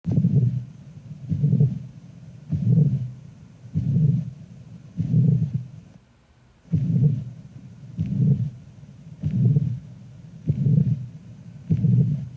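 Slow, regular heart cycles, about 48 a minute, each carrying a low, blowing sound that fills much of the beat rather than a crisp sound. This is the murmur of mitral regurgitation in an adult, heard by stethoscope, with blood leaking back through the mitral valve during systole.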